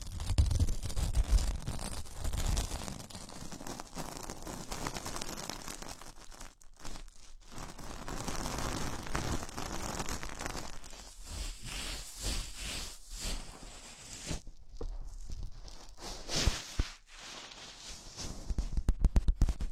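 Gloves being handled, with dense, irregular rustling, crinkling and rubbing that runs through most of the clip. Short silent gaps break it near 7, 15 and 17 seconds. The handling is loudest and most thumping at the start and end.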